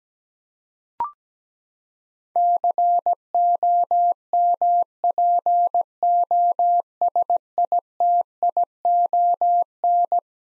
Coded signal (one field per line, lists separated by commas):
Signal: Morse code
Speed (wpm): 17 wpm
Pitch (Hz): 700 Hz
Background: none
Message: COMPOSITION